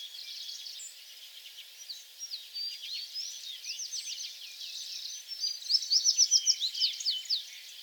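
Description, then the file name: American tree sparrow song: a jumble of sliding notes building to a fast, sweet trill-like series, amid continuous high twittering. Recorded on 28 April 2022; several songs. "2022-04-28 American Tree Sparrow songs"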